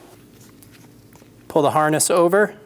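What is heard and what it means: A plastic wire harness retainer clip is being handled near a vehicle line while replacing the windshield washer pump on a 2003-2026 Chevrolet Express 2500. Quiet faint handling noises with small ticks near 0.6 s and 1.2 s are heard before someone talks from about 1.5 s to the end. Nothing has seated or clicked yet.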